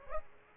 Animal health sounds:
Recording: mosquito wingbeat signal from an infrared sensor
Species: Aedes aegypti

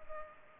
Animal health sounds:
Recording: mosquito wingbeat signal from an infrared sensor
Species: Culex pipiens

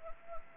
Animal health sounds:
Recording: mosquito wingbeat signal from an infrared sensor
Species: Anopheles gambiae

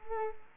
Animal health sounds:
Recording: mosquito wingbeat signal from an infrared sensor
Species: Culex quinquefasciatus

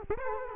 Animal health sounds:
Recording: mosquito wingbeat signal from an infrared sensor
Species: Culex quinquefasciatus

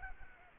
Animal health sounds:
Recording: mosquito wingbeat signal from an infrared sensor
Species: Aedes albopictus

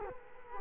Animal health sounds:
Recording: mosquito wingbeat signal from an infrared sensor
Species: Culex quinquefasciatus

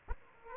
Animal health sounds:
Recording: mosquito wingbeat signal from an infrared sensor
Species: Aedes aegypti

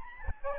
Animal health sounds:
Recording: mosquito wingbeat signal from an infrared sensor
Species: Aedes albopictus

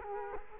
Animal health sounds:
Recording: mosquito wingbeat signal from an infrared sensor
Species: Culex quinquefasciatus

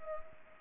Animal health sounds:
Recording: mosquito wingbeat signal from an infrared sensor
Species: Anopheles gambiae

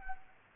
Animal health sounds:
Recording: mosquito wingbeat signal from an infrared sensor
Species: Culex quinquefasciatus

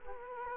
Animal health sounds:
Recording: mosquito wingbeat signal from an infrared sensor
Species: Culex quinquefasciatus

